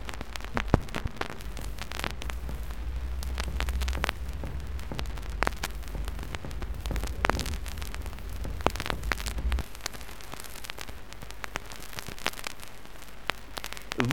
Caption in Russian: Сравнительную перкуссию легких у больного с эксудативным плевритом. Ясный легочный звук и тупой звук над эксудатом.